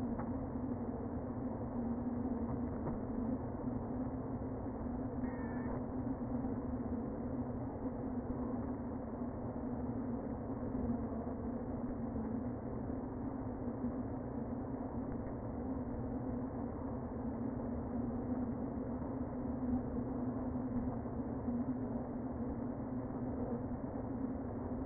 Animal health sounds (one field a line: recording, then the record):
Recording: honeybee colony, microphone inside the hive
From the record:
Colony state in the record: queen present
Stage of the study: before two queens were removed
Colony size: about 60,000 bees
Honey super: yes